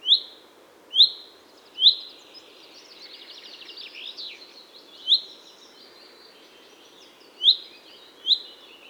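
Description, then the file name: Common chaffinch calls: loud, sharp, upward-flicking notes repeated at irregular intervals, over softer warbling in the background. "Fringilla coelebs"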